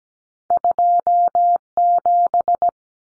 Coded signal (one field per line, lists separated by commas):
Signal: Morse code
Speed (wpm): 17 wpm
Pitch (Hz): 700 Hz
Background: none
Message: 27